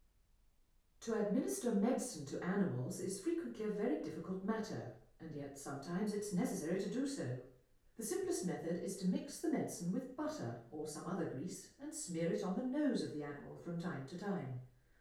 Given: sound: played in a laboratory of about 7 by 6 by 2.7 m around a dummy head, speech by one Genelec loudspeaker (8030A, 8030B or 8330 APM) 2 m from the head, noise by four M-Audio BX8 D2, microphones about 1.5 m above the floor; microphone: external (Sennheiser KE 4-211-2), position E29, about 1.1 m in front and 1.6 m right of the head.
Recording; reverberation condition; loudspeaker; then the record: female speech in English; medium; 150 degrees to the right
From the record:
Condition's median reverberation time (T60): about 510 ms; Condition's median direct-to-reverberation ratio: about -0.5 dB